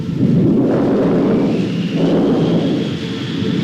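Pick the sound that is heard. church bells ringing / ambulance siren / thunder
thunder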